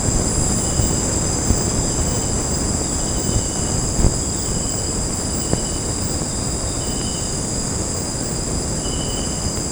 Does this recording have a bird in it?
no